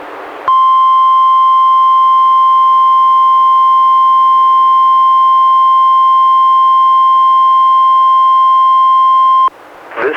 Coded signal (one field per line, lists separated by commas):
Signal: Emergency Alert System (SAME) tones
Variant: 1050 Hz attention tone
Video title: EAS #147-151: 5 NWR Required Weekly Tests- Nov. 23-Dec. 21, 2016